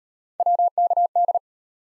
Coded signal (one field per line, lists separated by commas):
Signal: Morse code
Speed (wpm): 36 wpm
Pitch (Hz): 700 Hz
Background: none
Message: WKD